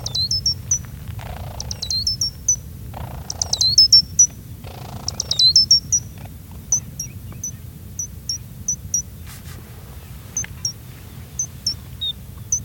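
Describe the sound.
Gray's lark producing four rapid cascades of high, tinkling, downslurred notes, followed by sparser single chips, against continuous low background noise.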